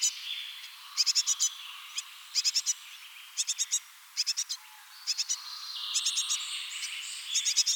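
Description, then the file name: Great tit uttering rapid, harsh churring bursts in groups of three to five, repeated often, amid quieter whistled songs of other birds. "Parus major"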